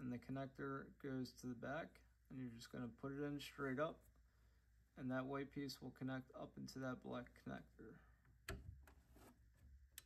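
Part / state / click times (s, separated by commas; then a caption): 3D printer nozzle's white connector into the extruder's black connector / not seated / none. Someone talks while handling the nozzle assembly of a FlashForge Adventurer 3D printer, fitting it with the triangle facing forward and its connector at the back so it can be pushed straight up to plug the white connector into the black connector in the extruder print head. Brief handling taps occur near 8.5 s, 8.9 s and 10.0 s. Nothing has seated or clicked yet.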